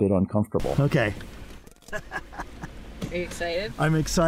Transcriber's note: laughs